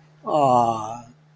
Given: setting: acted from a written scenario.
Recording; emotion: vocal sound without words; adoration